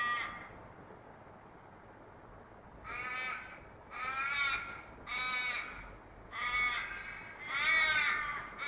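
Raven caws: a brief call at the start, then near silence until almost three seconds, then several loud, rasping caws about a second apart, the last cut off.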